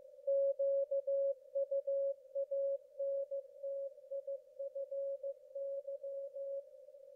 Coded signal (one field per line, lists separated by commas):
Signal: Morse code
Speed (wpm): 15 wpm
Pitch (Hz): 550 Hz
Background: none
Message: QUANTIFY